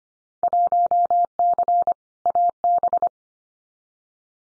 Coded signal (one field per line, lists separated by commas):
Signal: Morse code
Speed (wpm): 25 wpm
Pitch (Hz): 700 Hz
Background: none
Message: 1C AB